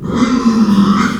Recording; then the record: squeal of a Yucatan mini pig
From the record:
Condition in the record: after surgery on the right vocal fold (resection and tissue-engineered implant); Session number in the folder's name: 12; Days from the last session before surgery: 105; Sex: female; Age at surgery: 19 weeks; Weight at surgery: 25 kg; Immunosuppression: prednisolone